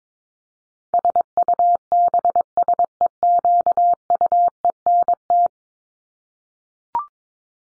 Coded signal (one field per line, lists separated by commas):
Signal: Morse code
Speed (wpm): 22 wpm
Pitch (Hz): 700 Hz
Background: none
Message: SUBSEQUENT